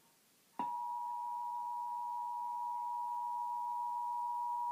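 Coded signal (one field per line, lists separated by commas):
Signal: Emergency Alert System (SAME) tones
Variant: 853 and 960 Hz attention tone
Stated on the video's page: Iowa Required Monthly Test originated from an AM station and relayed to all Iowa radio and TV stations, captured off two TV stations.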